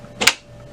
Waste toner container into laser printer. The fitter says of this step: until it clicks up into place